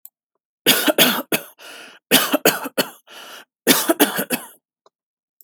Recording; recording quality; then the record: shallow voluntary cough; excellent, no background noise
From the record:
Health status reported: healthy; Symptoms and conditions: none ticked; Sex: male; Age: 28 years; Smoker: not ticked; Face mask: not worn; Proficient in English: yes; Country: United States